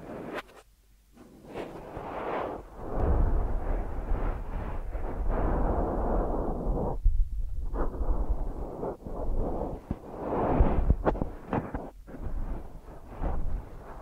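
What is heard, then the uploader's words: Deep ear massage sounds: soft rubbing and muffled swishing come in long waves, heavy in the low end with a steady rumble beneath. The strokes pause briefly around one second and again near seven, and a few sharp taps and crackles appear toward the end. ASMR Deep Ear Massage for Sleep(No Talking).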